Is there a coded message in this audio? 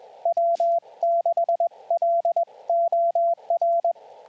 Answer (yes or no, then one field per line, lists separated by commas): yes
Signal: Morse code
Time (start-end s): 0.3-3.9 s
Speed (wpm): 21 wpm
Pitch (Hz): 680 Hz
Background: radio noise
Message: W6LOR